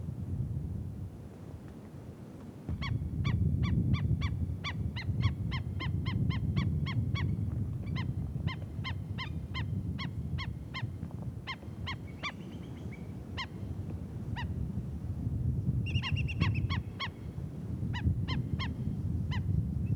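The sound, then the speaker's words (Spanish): Wading birds call in a long run of sharp, repeated honking notes, some overlapping, over a steady low rumble of wind in a Colombian mangrove, with no one speaking. “Por entre el manglar corre la voz del viento, de los areneros y de algunas aves zancudas.”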